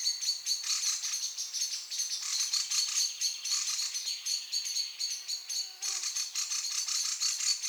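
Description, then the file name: Common blackbird calls, dense and rapid ringing notes, with a faint low whistle briefly audible partway through. "Turdus merula"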